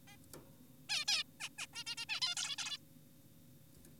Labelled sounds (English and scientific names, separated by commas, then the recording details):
Zebra Finch (Taeniopygia guttata)
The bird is an adult
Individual g4p5U